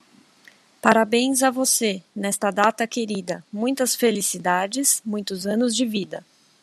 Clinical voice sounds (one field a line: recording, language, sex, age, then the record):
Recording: short text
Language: Brazilian Portuguese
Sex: female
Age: 40 to 49 years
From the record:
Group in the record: control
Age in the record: 40 years